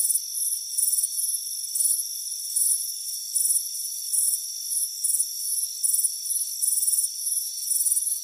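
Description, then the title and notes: Crickets chirp in shrill, slightly uneven bursts, some longer and some clipped short, above an unbroken high drone. Warm afternoon on a front porch; crickets chirping. "Soothing Crickets Chirping Sound. It's a warm afternoon as you relax in a hammock on the front porch. Relax and fall asleep to the soothing sound of chirping crickets. Deep Sleep Sounds"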